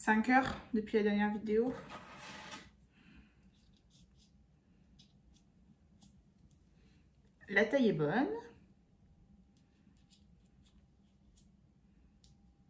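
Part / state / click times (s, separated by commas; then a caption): clip-on piece onto a ring binder / seated / 12.2 s. Someone talks, then a clip-on piece is fitted onto a budget ring binder during a quiet stretch of faint small taps and handling sounds, with someone talking again briefly in the middle. A sharp, short click at 12.2 s marks the piece snapping into place, seated firmly on the binder.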